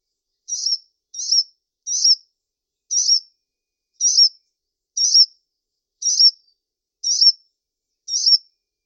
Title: kicau gelatik